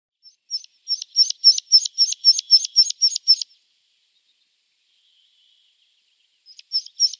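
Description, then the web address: Meadow pipit song, a quick rhythmic run of sharp high notes lasting about three seconds, silence, then the series resumes briefly. "Schulze Peter Meadow Pipit"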